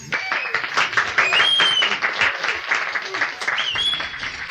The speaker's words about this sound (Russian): Бурные продолжительные аплодисменты.